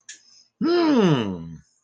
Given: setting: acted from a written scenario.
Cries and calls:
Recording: vocal sound without words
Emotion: interest

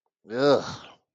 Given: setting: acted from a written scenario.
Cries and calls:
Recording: vocal sound without words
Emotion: disgust

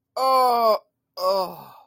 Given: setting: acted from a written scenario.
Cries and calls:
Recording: vocal sound without words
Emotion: negative surprise

